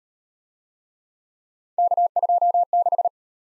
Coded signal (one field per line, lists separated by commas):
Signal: Morse code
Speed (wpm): 38 wpm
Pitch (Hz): 700 Hz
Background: none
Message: K26